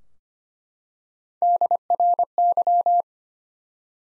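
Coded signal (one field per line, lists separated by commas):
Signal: Morse code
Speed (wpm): 25 wpm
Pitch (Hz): 700 Hz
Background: none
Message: DRY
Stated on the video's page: Morse head-copy drill of three-letter words at 25 wpm, each word sent, spoken, then sent again.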